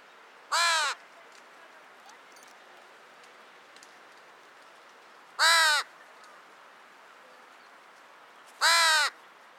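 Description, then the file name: Carrion crow giving three harsh, hoarse caws, each lasting about a third of a second, spaced several seconds apart, over a quiet background. "Corvus corone"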